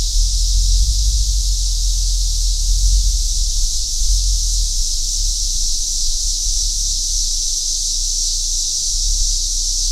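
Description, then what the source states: Eastern scissor grinder chorus, an even high buzzing drone sustained the whole time, with a deep rumble of wind or background noise underneath. A chorus of cicadas.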